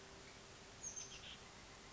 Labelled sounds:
Oak Titmouse (Baeolophus inornatus)
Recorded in Sonoma County, California

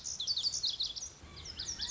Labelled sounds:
Lazuli Bunting (Passerina amoena)
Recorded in Sonoma County, California

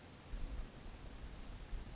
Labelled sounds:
California Towhee (Melozone crissalis)
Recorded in Sonoma County, California

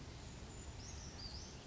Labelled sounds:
Brown Creeper (Certhia americana)
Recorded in Sonoma County, California

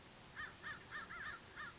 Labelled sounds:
American Crow (Corvus brachyrhynchos)
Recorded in Sonoma County, California

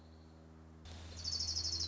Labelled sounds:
Orange-crowned Warbler (Leiothlypis celata)
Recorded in Sonoma County, California

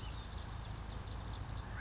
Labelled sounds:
California Towhee (Melozone crissalis)
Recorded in Sonoma County, California

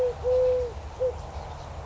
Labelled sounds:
Eurasian Collared Dove (Streptopelia decaocto)
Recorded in Sonoma County, California

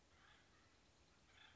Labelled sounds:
Acorn Woodpecker (Melanerpes formicivorus)
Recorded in Sonoma County, California

